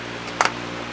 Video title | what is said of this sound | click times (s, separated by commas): My Gaming PC Build! (2 Day Project) | until you hear it click in a place like that and you should be good just make sure it's nice and snug and you do the same with the second stick | 0.4 s, 0.5 s